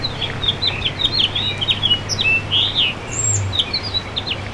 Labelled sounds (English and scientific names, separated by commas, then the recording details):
House Finch (Haemorhous mexicanus) song
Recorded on Long Island, New York, on 7 June 2011
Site MV
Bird C